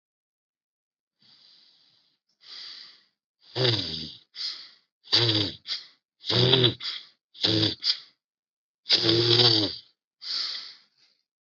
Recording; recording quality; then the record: shallow breathing; excellent, no background noise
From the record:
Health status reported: healthy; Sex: male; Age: 34 years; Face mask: not worn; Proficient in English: yes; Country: India